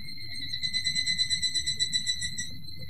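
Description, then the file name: Evening cicada call, a high pulsing series of about a dozen rhythmic beats over steady high tones and soft low background noise. "higurashi"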